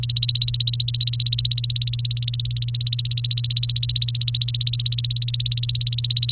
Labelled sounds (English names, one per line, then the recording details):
Domestic Canary song
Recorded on 30 April 2018 at 07:49
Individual llb3